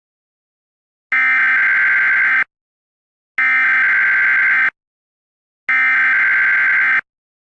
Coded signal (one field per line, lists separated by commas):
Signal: Emergency Alert System (SAME) tones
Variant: header bursts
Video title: EAS Scenario - Majora's Mask